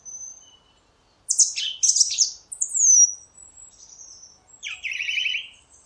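Song thrush song: varied loud phrases, sharp downslurred notes and a buzzy trilled phrase near the end, separated by brief pauses.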